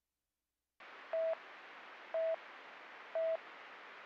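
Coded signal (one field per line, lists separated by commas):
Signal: none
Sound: radio channel beeps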